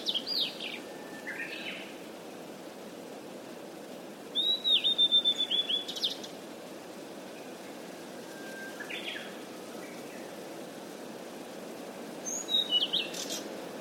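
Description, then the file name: Blue-and-white flycatcher song: a few short high phrases, the loudest near five seconds, over steady background hiss. "ooruri"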